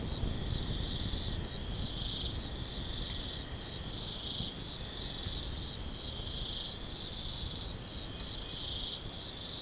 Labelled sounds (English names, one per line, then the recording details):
none
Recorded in pastures near Puerto Asís, Putumayo, Colombia, on 30 June 2025 at 03:30
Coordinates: 0.472, -76.331
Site G095